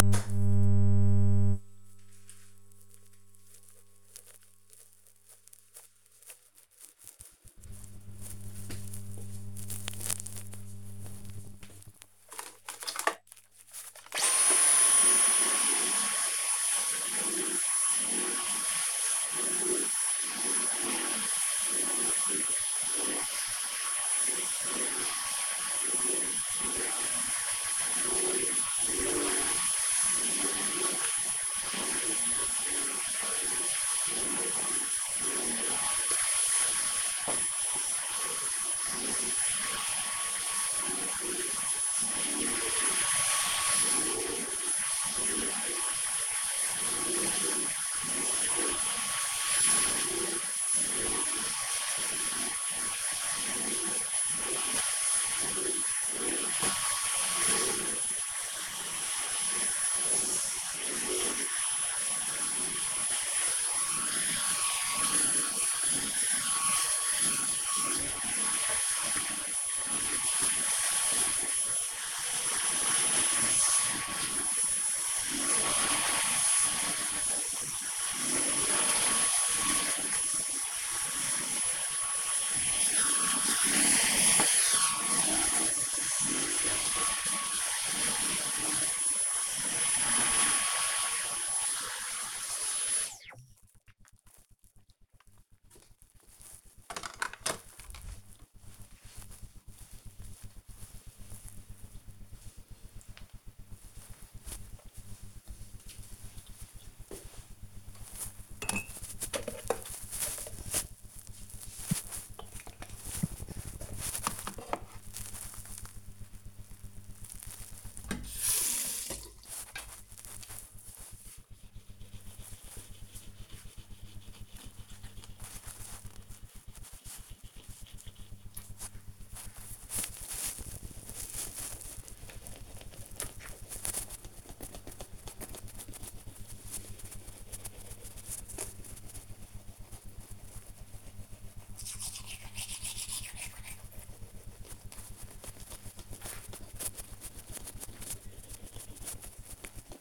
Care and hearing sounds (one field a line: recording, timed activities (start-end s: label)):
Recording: household activities, microphone on the right wrist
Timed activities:
11.66-93.28 s: vacuum cleaning
107.36-150.01 s: brushing teeth